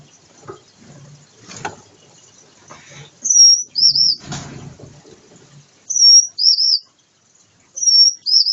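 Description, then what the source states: Gouldian finch singing a high phrase of a steady whistle then a quavering note, repeated three times, with soft rustles in the first half. Gouldian finches during pair formation, performing a courtship dance.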